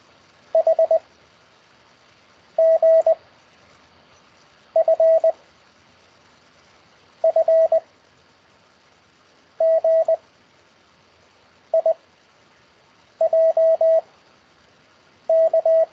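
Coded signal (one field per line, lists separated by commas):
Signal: Morse code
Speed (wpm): 20 wpm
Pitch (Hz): 650 Hz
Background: none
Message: H G F F G I J K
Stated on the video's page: Morse code practice lesson conducted over Skype.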